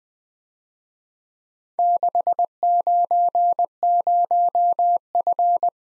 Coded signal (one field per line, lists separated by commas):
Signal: Morse code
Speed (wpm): 21 wpm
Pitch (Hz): 700 Hz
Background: none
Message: 690F